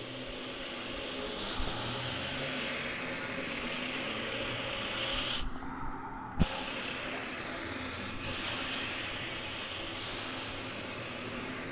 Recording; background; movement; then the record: deep breathing; traffic; sitting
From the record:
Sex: male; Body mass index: 21.0 kg/m2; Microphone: on the chest, facing the body